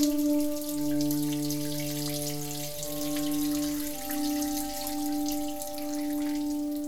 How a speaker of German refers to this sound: Hört sich besser an, wenn du nicht ins Wasser pinkelst.